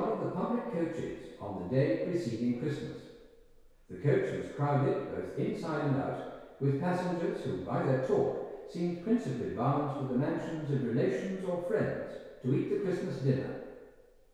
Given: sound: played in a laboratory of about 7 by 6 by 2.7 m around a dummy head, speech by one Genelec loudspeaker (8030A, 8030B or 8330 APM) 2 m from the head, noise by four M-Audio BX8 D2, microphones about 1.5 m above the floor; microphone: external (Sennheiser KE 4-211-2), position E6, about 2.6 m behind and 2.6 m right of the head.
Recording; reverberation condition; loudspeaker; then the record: male speech in English; high; 150 degrees to the right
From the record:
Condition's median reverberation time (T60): about 1300 ms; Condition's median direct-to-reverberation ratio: about -4.0 dB